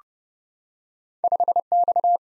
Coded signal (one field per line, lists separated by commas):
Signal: Morse code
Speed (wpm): 32 wpm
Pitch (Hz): 700 Hz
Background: none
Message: 5X